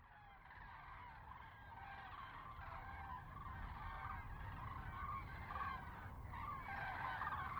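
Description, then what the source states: Common cranes trumpeting in a dense, continuous chorus that grows louder toward the end, over heavy low-frequency rumble. Several common cranes in a close fly-by at Lac du Der, France, recorded 10 January 2021.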